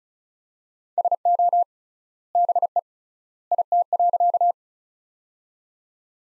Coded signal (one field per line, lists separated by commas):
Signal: Morse code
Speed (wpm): 36 wpm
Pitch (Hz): 700 Hz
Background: none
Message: SO BE IT.